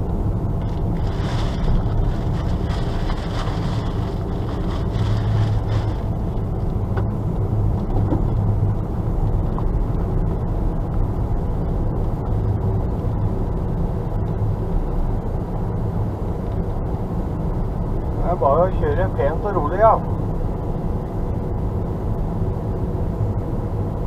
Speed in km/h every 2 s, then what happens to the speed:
44, 45, 44, 43, 43, 44, 44, 44, 44, 43, 42, 42.
0-24 steady at about 44.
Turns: none.